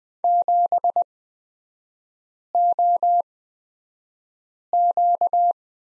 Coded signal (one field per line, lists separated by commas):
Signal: Morse code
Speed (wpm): 20 wpm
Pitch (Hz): 700 Hz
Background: none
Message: 7OQ